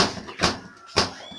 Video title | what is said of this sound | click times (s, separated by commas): How to fix a washing machine door lock / Washer Won’t Start | الباب ما بيقفلش. | none